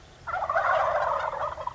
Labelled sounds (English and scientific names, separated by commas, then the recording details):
Wild Turkey (Meleagris gallopavo)
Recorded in Sonoma County, California